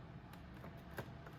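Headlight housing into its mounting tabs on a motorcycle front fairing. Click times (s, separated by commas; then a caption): 1.0 s. A headlight housing on a Venom 2000w E-Vader electric motorcycle is pushed onto its mounting tabs in the front fairing until it passes the bolt hole. A sharp click at 1.0 s stands out over low, steady background noise, with fainter taps near 0.3 s and 1.3 s. The headlight clicks into place and is seated.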